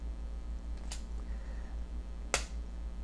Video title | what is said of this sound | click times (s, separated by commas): Transformers War for Cybertron: Siege - SPRINGER | it'll snap into place in the back like | 2.3 s